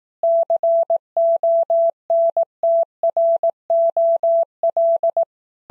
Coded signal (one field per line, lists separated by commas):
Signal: Morse code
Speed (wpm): 18 wpm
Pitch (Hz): 670 Hz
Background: none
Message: CONTROL